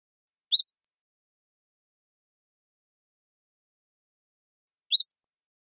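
Cordilleran flycatcher giving two high, sibilant two-part calls roughly four seconds apart. Each is a rising slur followed by a louder, higher upward whistle in a quiet setting.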